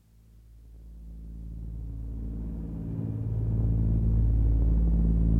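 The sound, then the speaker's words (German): A steady, low droning of airplane engines in flight on a plane bound for New York, a deep humming rumble with even tones that slowly swells louder over a few seconds, with no voices. “Aber dieses ewige Brummen der Motoren schläfert ein.”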